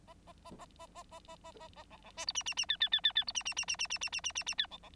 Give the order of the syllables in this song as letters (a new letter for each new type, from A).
A A A A A A A A A A A B B C D E E E F F F F F D E E E E E E E E E E E F B B